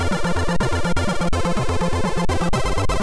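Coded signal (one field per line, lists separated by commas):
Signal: none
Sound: video game music beeps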